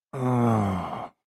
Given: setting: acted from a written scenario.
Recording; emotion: vocal sound without words; desire